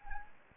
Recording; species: mosquito wingbeat signal from an infrared sensor; Anopheles gambiae